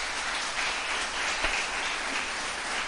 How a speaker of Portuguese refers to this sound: Então aplauda o Messias por causa disso.